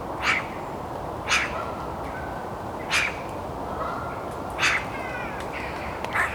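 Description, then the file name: Eurasian magpie uttering a series of hoarse, grating calls, roughly five short bursts at irregular intervals of one to two seconds, with constant low background hiss. "Pica pica"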